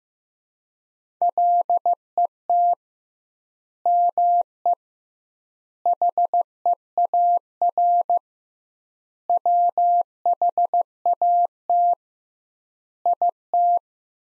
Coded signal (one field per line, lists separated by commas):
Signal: Morse code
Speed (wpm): 15 wpm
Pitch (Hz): 700 Hz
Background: none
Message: LET ME HEAR WHAT IT